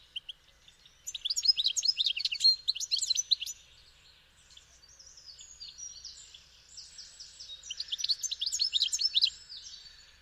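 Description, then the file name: European goldfinch twittering in a bright, chattering burst, softer notes in the middle, then a second lively run of tinkling phrases. "Carduelis carduelis"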